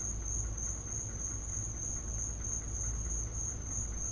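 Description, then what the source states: Crickets give a continuous shrill chorus at one fixed high pitch, accompanied by persistent low background rumble. Crickets in the recordist's back yard; field recording.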